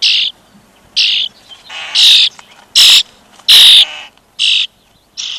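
European starling calls: harsh, hissing screeches of uneven length, some longer and louder, delivered about once a second with brief pauses.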